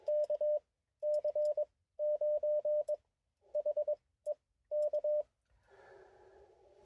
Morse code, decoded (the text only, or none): K C9HEK